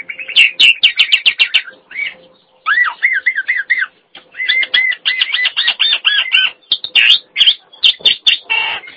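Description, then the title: Nias hill myna song: loud bursts of fast repeated harsh, whistled notes, then a run of rising slurred whistles, followed by more rapid chattering phrases. "Jalak Nias"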